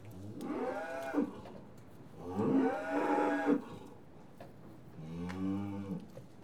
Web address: BBC Sound Effects Library Livestock Cattle TB Tested In Yard